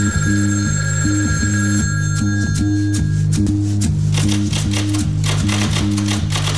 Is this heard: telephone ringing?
yes